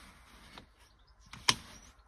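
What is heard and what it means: The back/position latch of a chair in a 2023 Auto-Trail F-line F70 motorhome is pushed back up and into place, with soft knocks at about 0.6 s and 1.3 s before a sharp latch click at 1.5 s. Although the mechanism clicks, the chair does not hold its position and just falls back down.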